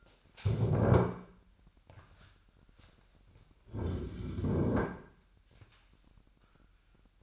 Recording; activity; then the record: daily activity, microphone in the room; stand up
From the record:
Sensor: 2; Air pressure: 998.4 hPa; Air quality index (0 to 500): 126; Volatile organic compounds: 3 ppm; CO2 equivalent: 1428 ppm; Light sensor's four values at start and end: 6/15/6/7 and 5/12/5/6